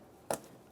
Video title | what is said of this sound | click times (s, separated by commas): How to Replace Starter 2009-2019 Ford Flex | Listen for a click. | 0.3 s